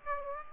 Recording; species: mosquito wingbeat signal from an infrared sensor; Aedes aegypti